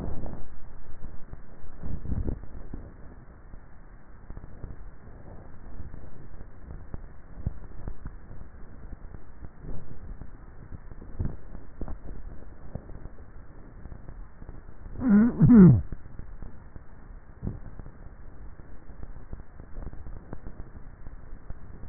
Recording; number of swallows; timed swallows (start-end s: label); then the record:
swallowing sounds by neck microphone; 1
7.82-8.92 s: swallow
From the record:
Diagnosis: dysphagia